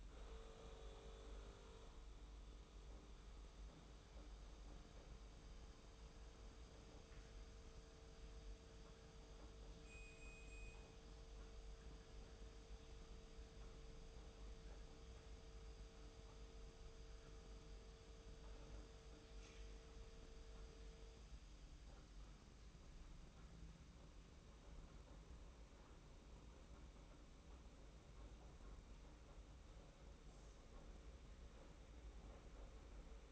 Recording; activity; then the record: daily activity, microphone in the room; make coffee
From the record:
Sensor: 1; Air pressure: 991.7 hPa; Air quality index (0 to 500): 169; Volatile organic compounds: 1000 ppm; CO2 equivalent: 6364 ppm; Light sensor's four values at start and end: 33/109/42/43 and 33/109/42/43